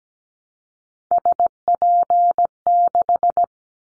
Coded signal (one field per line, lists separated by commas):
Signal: Morse code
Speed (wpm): 17 wpm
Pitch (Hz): 700 Hz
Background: none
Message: SP6